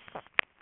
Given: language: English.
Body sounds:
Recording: throat vibration sensor signal played as sound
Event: swallow

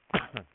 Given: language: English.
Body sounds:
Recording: throat vibration sensor signal played as sound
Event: cough

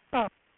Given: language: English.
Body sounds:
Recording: throat vibration sensor signal played as sound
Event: speech

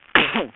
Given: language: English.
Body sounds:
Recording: throat vibration sensor signal played as sound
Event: cough

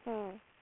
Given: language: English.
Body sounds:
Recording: throat vibration sensor signal played as sound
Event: speech

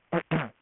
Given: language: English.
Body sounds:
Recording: throat vibration sensor signal played as sound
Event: throat clearing

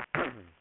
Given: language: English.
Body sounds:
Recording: throat vibration sensor signal played as sound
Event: throat clearing

